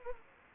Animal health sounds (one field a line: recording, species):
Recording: mosquito wingbeat signal from an infrared sensor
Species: Anopheles gambiae